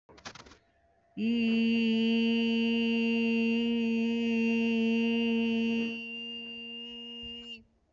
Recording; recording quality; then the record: sustained vowel as in beet; moderate, slight background noise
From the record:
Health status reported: respiratory illness, not identified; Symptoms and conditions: diabetes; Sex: female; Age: 32 years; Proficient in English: yes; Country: India